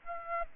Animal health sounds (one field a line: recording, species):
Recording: mosquito wingbeat signal from an infrared sensor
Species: Aedes aegypti